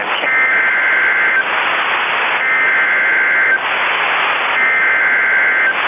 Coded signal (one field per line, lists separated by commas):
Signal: Emergency Alert System (SAME) tones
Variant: header bursts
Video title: [EAS MOCK CHALLENGE] beer